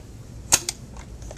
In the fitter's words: click and give a quick little tug on it and that's when we know we have our frame properly assembled